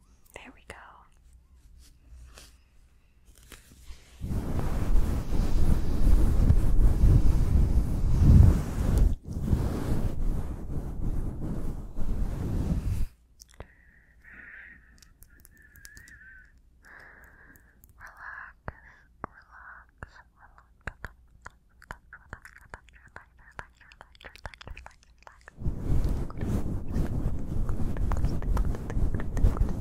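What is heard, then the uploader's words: Something is rubbing and scratching against a fluffy windshield on a microphone, making loud, dense, low rumbling bursts from about 4 to 13 seconds and again from 25 seconds to the end. In the quieter middle stretch, crow-like caws sound. WHOLESOME fluffy mic scratching for SLEEP.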